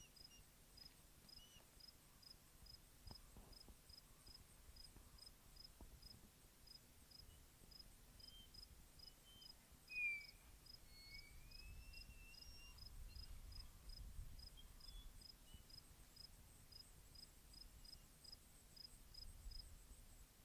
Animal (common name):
Gray Wolf